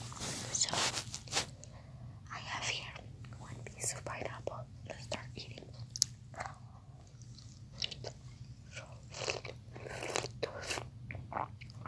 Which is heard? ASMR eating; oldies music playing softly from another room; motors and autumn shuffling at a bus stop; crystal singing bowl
ASMR eating